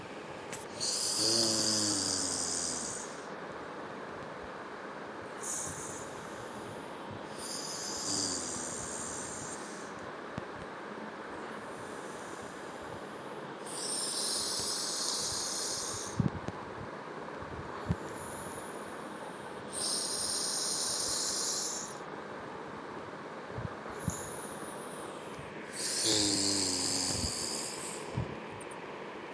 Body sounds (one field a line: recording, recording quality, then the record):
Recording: deep breathing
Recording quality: excellent, no background noise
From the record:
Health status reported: healthy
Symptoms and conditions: none ticked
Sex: male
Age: 59 years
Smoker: not ticked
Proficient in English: yes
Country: India